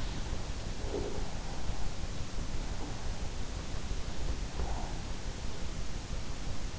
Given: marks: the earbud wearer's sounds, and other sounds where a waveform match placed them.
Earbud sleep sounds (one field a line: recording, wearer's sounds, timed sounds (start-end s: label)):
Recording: sounds in sleep by an in-ear microphone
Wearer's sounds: breath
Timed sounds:
0.31-1.85 s: breath